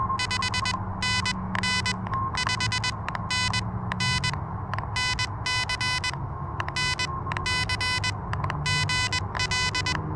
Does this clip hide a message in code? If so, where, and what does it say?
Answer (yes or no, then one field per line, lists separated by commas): yes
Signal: Morse code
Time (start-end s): 0.2-9.9 s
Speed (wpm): 21 wpm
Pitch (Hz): 3000 Hz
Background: none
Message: 5NN 5NN NC NC GL